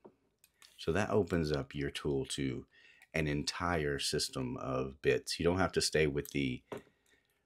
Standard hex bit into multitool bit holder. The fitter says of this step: and they will snap right in there as well